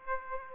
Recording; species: mosquito wingbeat signal from an infrared sensor; Aedes aegypti